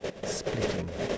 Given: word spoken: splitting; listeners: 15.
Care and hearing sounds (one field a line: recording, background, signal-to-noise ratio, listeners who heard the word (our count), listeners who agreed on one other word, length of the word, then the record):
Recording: one English word in noise, from a listening test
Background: noise modulated by three-talker babble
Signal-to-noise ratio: -3.3 dB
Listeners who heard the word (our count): 3 of 15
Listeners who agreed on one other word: 8 of 15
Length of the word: 0.78 s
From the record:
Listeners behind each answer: 8, 3, 1, 1, 1, 1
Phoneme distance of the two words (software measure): 7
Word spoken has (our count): 2 syllables, 7 phonemes, stress on syllable 1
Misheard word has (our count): 2 syllables, 6 phonemes, stress on syllable 1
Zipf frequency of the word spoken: 3.69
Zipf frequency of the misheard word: 3.48